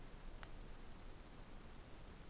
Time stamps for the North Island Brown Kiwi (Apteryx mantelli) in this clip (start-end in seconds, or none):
none